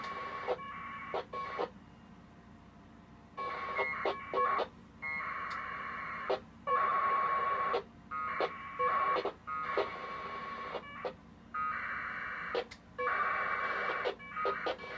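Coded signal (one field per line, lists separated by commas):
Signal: packet radio (AX.25, as in APRS)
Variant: 1200 baud AFSK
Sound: about nine short warbling data bursts, each ending in a click, with brief gaps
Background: radio static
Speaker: And the routes result is crawling across the network also at this point. So we see it. Here's that routes result.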